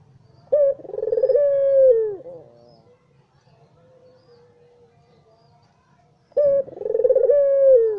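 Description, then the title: Barbary dove delivering two rolling coos, each starting with an abrupt note and sliding downward, separated by a quiet stretch with a soft steady tone. White (putih) Barbary dove; Indonesian masteran used to train songbirds to copy its call. "Kicau Mania Masteran Burung Puter Putih"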